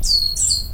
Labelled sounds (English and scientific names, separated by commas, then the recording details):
Stitchbird (Notiomystis cincta) song
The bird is a male
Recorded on Tiritiri Matangi Island, New Zealand, in 2005
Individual 22, of nest box 31